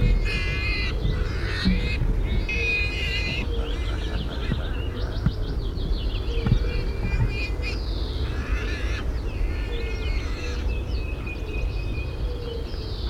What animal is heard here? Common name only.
Wild Boar